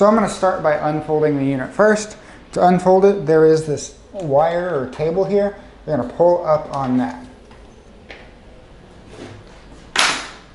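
A person talks while pulling up on the release cable of a Journey Zoomer folding power wheelchair and unfolding its metal frame. A faint knock comes at 8.1 s, and a loud snap at 10.0 s is the frame lock engaging, leaving the frame locked open.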